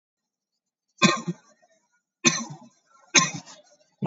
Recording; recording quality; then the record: shallow voluntary cough; excellent, no background noise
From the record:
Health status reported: COVID-19 positive, mild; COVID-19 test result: positive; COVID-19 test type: RT-PCR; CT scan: taken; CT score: 5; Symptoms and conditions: fever, fatigue, muscle pain, hypertension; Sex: male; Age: 42 years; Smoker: yes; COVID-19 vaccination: one dose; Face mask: worn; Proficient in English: yes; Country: India